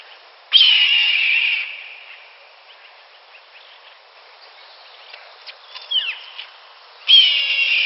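Hawk gives two harsh, raspy screams, the second cut off at the end; softer bird chirps fill the gap.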